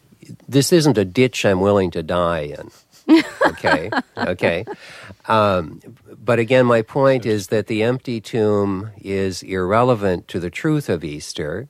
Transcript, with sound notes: this isn't a ditch I'm willing to die in.
(LAUGHTER)
OK? OK? But again, my point is that the empty tomb is irrelevant to the truth of Easter.